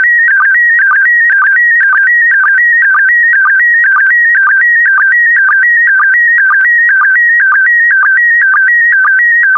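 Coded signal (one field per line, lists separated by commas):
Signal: SSTV (slow-scan television)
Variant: PD120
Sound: warbling tone shifting between two pitches, with short low chirps twice a second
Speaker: complete. You can now check your decoded image against the picture that is shown on the video.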